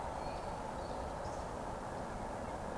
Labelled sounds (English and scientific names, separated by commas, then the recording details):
Eurasian Woodcock (Scolopax rusticola) whistle
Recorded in Baden-Württemberg, Germany, on 24 June 2020 at 19:30 UTC
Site 14569, 102 m above sea level